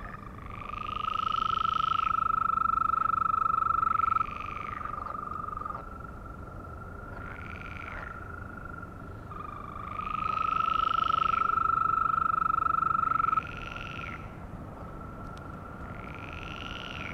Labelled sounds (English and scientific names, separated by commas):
Green Toad (Bufo viridis) call